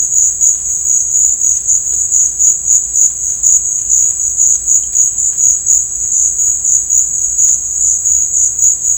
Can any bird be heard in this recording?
no